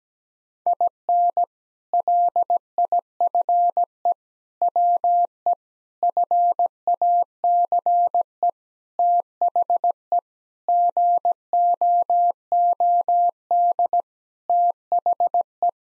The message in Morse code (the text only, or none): IN LIFE WE FACE THE GOOD THE